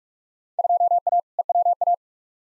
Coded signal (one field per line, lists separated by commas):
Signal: Morse code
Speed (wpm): 41 wpm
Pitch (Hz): 700 Hz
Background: none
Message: 2A EWA